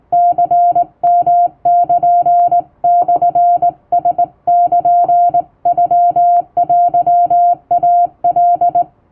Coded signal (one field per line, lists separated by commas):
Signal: Morse code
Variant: Japanese Wabun code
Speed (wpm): 19 wpm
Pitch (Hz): 700 Hz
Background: music, radio noise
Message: ニヨルモラルノテイカ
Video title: 毎日トンツーＣＷ教室開催中！第１級無線通信士が打つ綺麗な手打ち和文モールス符号で受信練習をしよう！YouTubeの再生速度を自分の速度に調整して聴いてみよう(morse code practice)